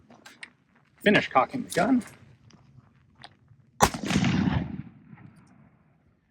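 After a cartridge is dropped into the chamber, the hinged trapdoor breech block of a black powder Trapdoor Springfield rifle is swung down and latches shut in the receiver with a short, sharp metallic click at 0.4 s. Someone talks, and a louder, sharp burst of noise follows near 3.8 s. The breech block is seated and closed.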